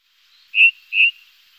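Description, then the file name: Ring ouzel piping song: two clear, fluty whistled notes on the same pitch. "beflijster ring ouzel"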